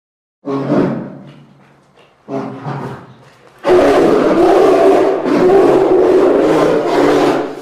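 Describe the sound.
Bear roaring, two short gruff growls followed by a long, loud, rasping roar that swells and holds to the end.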